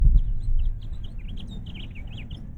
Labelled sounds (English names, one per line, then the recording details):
House Finch song
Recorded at North Valley Stream on Long Island, New York, on 11 June 1975
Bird A